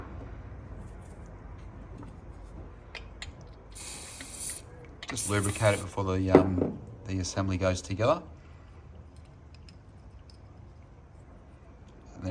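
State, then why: Seated. A new, lubricated ignition lock barrel for a Piaggio Typhoon scooter is pushed into the ignition housing while someone talks. Short, faint clicks come at 9.7 s and 10.3 s as the barrel clicks into place and is seated.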